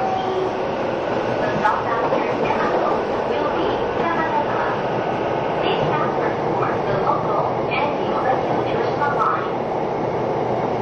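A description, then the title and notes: A train runs along steadily, its dense rumbling roar holding an even level for the whole stretch. Faint wavering tones rise and fall through the middle, and brief sharper clicks appear around the two, six and eight second marks, with muffled voices blending into the din. 相鉄12000系 相鉄・埼京線特急・普通 01/01:海老名～新宿. 相鉄・埼京線直通＂特急・普通＂の列車走行音. Train running sound.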